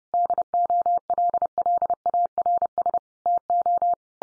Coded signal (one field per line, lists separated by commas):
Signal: Morse code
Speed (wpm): 30 wpm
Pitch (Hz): 700 Hz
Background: none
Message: DOLLARS TO